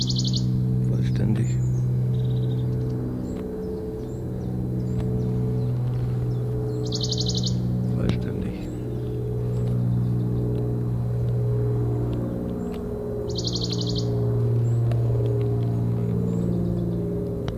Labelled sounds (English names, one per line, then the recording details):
Western Bonelli's Warbler
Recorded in the wild
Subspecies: bonelli
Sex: diverse
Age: diverse
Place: am Erdbeerberg bei Eningen unter Achalm, Schwäbische Alb, Baden-Württemberg, DE
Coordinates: 48.4833, 9.26667
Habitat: forest
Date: 1969-07-17
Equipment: Nagra III PH, MD 211, PES 26
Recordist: Schneider, Hans-Joachim